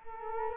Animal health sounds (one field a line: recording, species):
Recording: mosquito wingbeat signal from an infrared sensor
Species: Culex quinquefasciatus